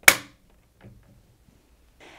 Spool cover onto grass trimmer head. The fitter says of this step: then push the cover into place until you hear it click.